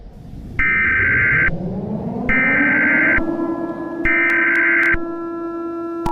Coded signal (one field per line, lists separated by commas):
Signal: Emergency Alert System (SAME) tones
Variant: header bursts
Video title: EAS SCENARIO #43: LAVA PART 2